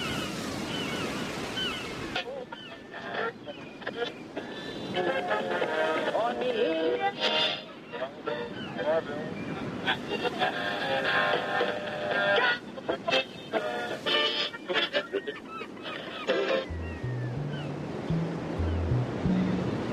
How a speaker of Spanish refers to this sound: Ruge la mar embravecida, rompe la ola desde el horizonte. Brilla el verde azul del gran Caribe con la majestad que el sol inspira.